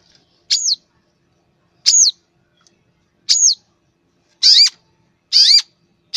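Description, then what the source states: Long-tailed shrike song: sharp high chirps, each falling steeply, repeated about every second, the later ones richer and harsher. Masteran training recording for caged songbirds.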